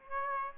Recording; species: mosquito wingbeat signal from an infrared sensor; Aedes aegypti